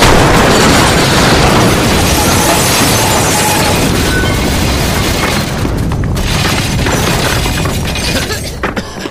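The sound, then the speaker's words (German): A radio set explodes with a loud, roaring blast followed by crashing and shattering debris that rumbles on for several seconds before slowly tapering off. “Es wird doch nicht explodieren, oder? Ach Unsinn, Funkgeräte explodieren nicht.”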